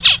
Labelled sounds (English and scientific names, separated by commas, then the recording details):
Zebra Finch (Taeniopygia guttata) distance call
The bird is a male
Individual mal9